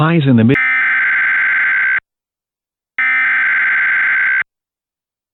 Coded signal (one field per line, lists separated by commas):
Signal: Emergency Alert System (SAME) tones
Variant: header bursts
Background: speech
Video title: EAS Mock - Civil Emergency Message Recreation (Charleston, SC) (9/2/2019)